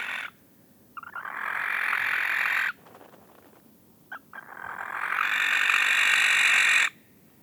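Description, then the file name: Barn owl giving two long rasping, hissing screeches with a short harsh note between them. "gyongybagoly hangja"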